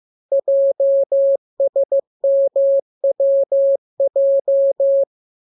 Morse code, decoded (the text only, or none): JSMWJ